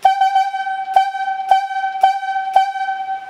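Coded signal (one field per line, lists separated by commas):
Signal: whistle signal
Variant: talkie tooter logging whistle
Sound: buzzy steady whistle tone pulsed three quick times, then four evenly spaced times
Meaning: Send four sections of straw line back on the rigging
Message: 3-4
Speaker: the rigging is in and say you want four sections of straw line back on the rigging it's gonna sound like this three short plus four short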